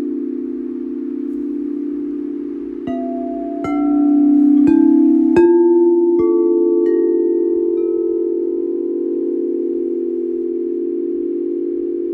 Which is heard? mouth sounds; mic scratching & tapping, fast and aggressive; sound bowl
sound bowl